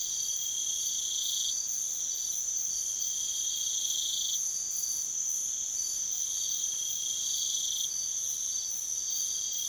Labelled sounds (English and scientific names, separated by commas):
none